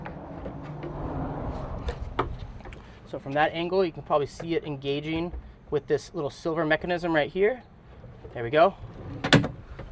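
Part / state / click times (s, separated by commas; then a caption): drawer slide rail into its outer rail latch / seated / 9.3 s. A drawer slide rail on an overlanding drawer system for a non-hybrid sixth-generation Toyota 4Runner is pushed into its outer rail until it engages the small silver latch mechanism. Someone talks over faint rattles and knocks, then a sharp click at 9.3 s confirms the rail is seated, engaged with the latch and all the way in.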